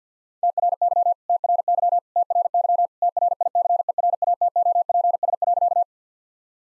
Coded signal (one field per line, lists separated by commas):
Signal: Morse code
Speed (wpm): 50 wpm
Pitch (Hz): 700 Hz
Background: none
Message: TRY TRY TRY TRICERATOPS.